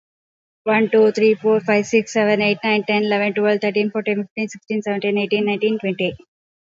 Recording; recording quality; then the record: counting at a fast pace; excellent, no background noise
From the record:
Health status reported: COVID-19 positive, mild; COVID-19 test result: positive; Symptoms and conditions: cough, cold, fever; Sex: female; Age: 34 years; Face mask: not worn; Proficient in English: yes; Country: India